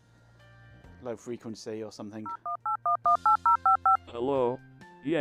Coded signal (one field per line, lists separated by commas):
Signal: DTMF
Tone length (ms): 130 ms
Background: speech, music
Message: 018118055